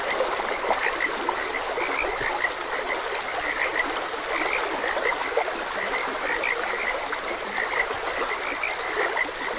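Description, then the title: Frogs: ongoing chorus of bright clipped croaks, heard over a soft, unbroken wash of stream water. Frogs croaking beside a gentle stream. "Gentle Stream and Frogs Croaking"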